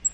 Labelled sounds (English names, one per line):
Black-throated Green Warbler flight call